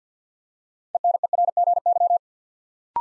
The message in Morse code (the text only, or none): ENERGY